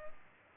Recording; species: mosquito wingbeat signal from an infrared sensor; Culex pipiens